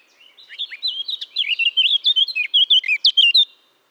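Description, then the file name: Eurasian blackcap singing one phrase of about three seconds, starting softly and swelling into quick, clear, fluting whistles and chirps. "Sylvia atricapilla"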